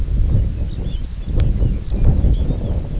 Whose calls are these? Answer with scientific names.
Calcarius lapponicus